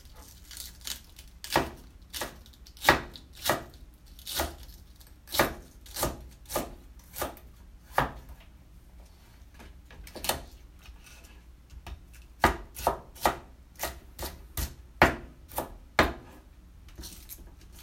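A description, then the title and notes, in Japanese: Kitchen sounds: a knife chops steadily on a board, sharp taps every half second or so, pausing briefly around ten seconds. キッチンの音。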